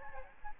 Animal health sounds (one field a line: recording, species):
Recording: mosquito wingbeat signal from an infrared sensor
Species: Aedes albopictus